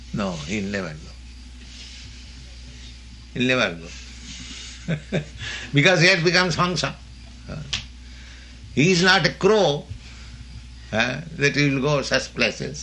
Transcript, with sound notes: no. He'll never go. He'll never go. [chuckles] Because he has become haṁsa. He is not a crow, that he'll go such places.